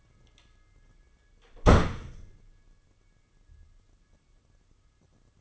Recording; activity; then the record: daily activity, microphone in the room; close door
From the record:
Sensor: 4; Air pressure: 995.2 hPa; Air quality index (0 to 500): 186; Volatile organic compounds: 103 ppm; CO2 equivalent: 3776 ppm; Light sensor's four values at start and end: 23/60/23/27 and 7/16/6/7